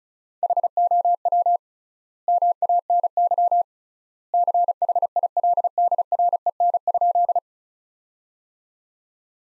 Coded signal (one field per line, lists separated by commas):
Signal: Morse code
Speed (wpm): 36 wpm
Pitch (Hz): 700 Hz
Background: none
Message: HOW MANY CHILDREN?